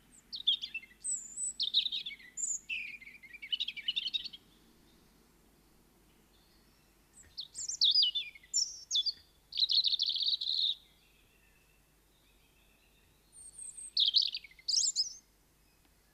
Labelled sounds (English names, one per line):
European Robin song